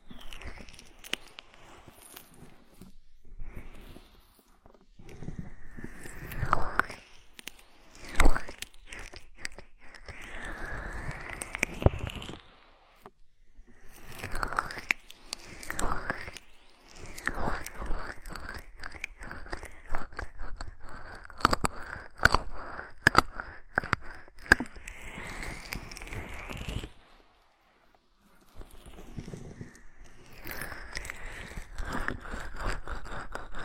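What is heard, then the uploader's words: Body oil being massaged in makes slick, squelching sounds: quick wet clicks and short rising and falling smacks in an irregular, fairly dense pattern. The sounds pause briefly around 13 seconds and again near 27 seconds before resuming at a similar pace. Body oil massage and bubble bath.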